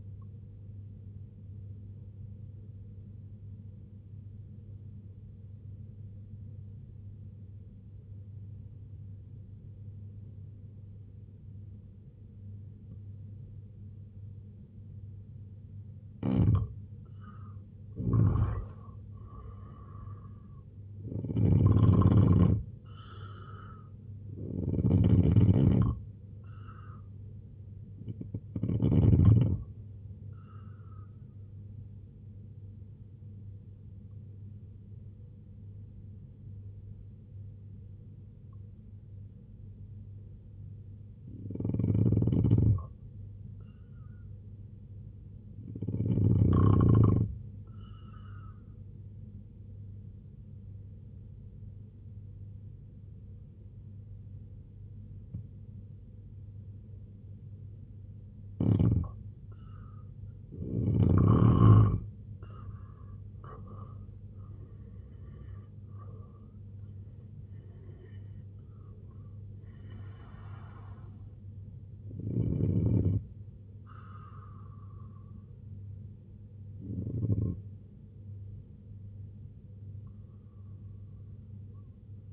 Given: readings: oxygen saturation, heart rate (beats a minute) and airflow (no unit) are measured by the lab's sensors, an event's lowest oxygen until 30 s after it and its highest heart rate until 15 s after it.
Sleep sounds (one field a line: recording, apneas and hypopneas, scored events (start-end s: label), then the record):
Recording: breathing in sleep by a smartphone at the bedside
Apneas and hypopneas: 2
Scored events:
4.00-20.00 s: obstructive apnea (N2, oxygen 94% highest, then 85% lowest, heart rate 69 at the start, 88 highest)
7.00-37.00 s: new sleep stage, N1 (lightest sleep)
37.00-67.00 s: new sleep stage, N2 (light sleep)
49.00-61.50 s: obstructive apnea (N2, oxygen 93% highest, then 86% lowest, heart rate 73 at the start, 95 highest)
67.00-82.32 s: new sleep stage, N1 (lightest sleep)
From the record:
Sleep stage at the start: N2 (light sleep)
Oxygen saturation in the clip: 85 to 94%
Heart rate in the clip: 66 to 95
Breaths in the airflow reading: 11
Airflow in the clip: -9.4 to 9.0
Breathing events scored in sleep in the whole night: 258 in 7.4 hours asleep